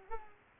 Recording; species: mosquito wingbeat signal from an infrared sensor; Culex pipiens